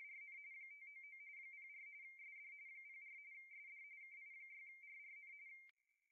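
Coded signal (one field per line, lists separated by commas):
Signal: RTTY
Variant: 45.45 baud, 170 Hz shift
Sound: rapid warbling two-tone chatter around 2 kHz for five seconds, then abrupt stop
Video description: Take a look at the end of the video for RTTY FSK demonstration. VSPE works. ICOM 7300 IS IN RTTY MODE USING RTTY FILTER!!!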